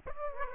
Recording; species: mosquito wingbeat signal from an infrared sensor; Aedes aegypti